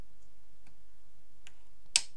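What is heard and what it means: A second metal linear bearing is pressed by hand into a 3D-printed X-axis end part of a Prusa 2 printer and seats at 1.9 s with one loud, sharp hit. Two faint ticks come before it, at about 0.7 s and 1.5 s, over a quiet background. The bearing is confirmed in place.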